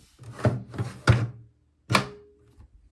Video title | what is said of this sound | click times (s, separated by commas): Brother SE700 Embroidery Setup: Step-by-Step Guide for Beginners (Sewing to Embroidery) | You should hear it click, and | 1.1 s